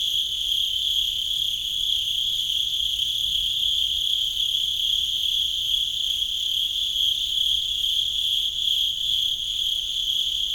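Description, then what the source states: Cricket in an uninterrupted high trill, smooth and level from start to finish with a slight shimmer. At Sakhalvasho, Georgia.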